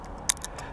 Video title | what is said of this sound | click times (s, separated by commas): LUME CUBE Aviation ANTI COLLISION Strobe Light for your Drone | we go I'm gonna stick this on the bottom I put the velcro on the bottom and I'll stick this on the bottom it should snap into place listen for that sound there | 0.3 s